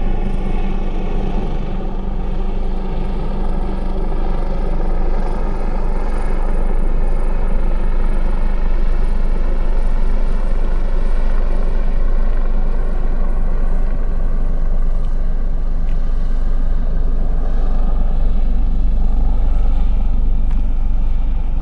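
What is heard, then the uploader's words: Several helicopters drone steadily overhead, a dense, low rotor rumble with layered whining tones that shift slowly as they circle without pause. Soundscape dominated by three helicopters circling overhead and to the southwest of the Lake Biwa shoreline in Kusatsu. Audio was captured by a Sony PCM-M10 recorder and two Micbooster Clippy omnidirectional mics attached to a bicycle handelbar bag for a quasi-binaural sound image.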